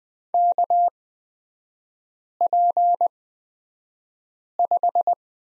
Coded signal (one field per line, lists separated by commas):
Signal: Morse code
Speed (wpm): 20 wpm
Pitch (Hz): 700 Hz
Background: none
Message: KP5